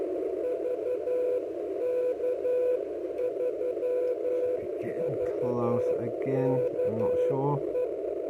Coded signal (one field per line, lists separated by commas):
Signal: Morse code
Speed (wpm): 11 wpm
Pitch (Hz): 500 Hz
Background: speech, radio noise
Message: VK3VKE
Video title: Is it a Beam ? ⚡Far Field Pattern⚡ HF E field Beam Experiment ⚡🙏⚡